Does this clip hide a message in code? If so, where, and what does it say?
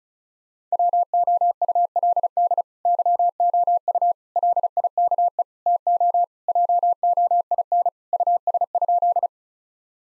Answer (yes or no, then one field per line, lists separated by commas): yes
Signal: Morse code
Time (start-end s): 0.7-9.3 s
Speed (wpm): 35 wpm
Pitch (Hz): 700 Hz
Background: none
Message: WOULD YOU LIKE TO JOIN US?